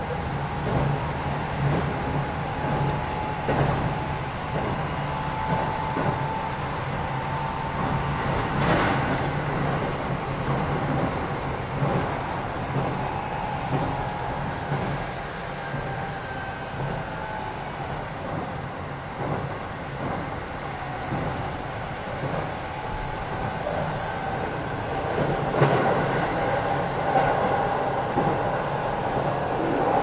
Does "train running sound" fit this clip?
yes